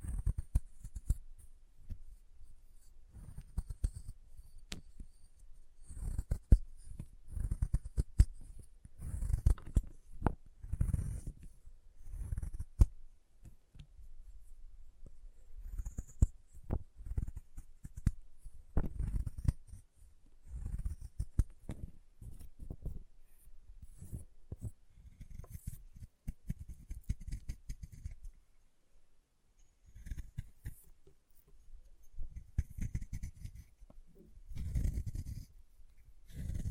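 Chalk being carved and cut in irregular bursts of scraping and sharp clicks, mostly low and gritty, with brief pauses throughout.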